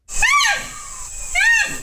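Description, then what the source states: Rhinoceros giving two loud, arched squeals, each rising then falling, with a short gap between them. Young, small rhinoceros, played as a quiz sound.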